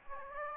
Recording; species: mosquito wingbeat signal from an infrared sensor; Aedes aegypti